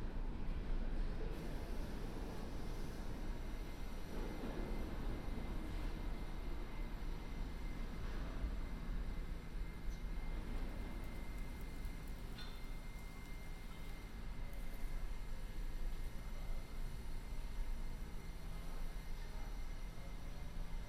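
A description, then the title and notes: Recorded in binaural on a city journey, a steady, heavy low rumble of a moving train fills the clip, with faint squeals and rattles above. A binaural field recording, from my studio in Sunset Park to my apartment in Harlem.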